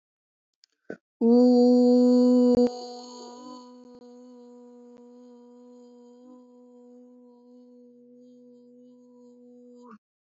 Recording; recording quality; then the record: sustained vowel as in boot; excellent, no background noise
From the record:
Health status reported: healthy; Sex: female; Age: 42 years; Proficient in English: yes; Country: India